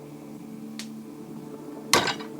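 A torque wrench set to 40 ft-lbs, attached to an armorer's wrench, tightens a steel barrel nut. After a faint tick at 0.8 s over a low steady hum, the wrench gives a sharp, loud click at 1.9 s when it reaches its setting, and the nut is tightened.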